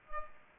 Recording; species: mosquito wingbeat signal from an infrared sensor; Culex pipiens